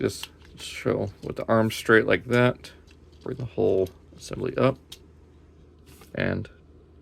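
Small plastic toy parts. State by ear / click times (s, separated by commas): not seated / none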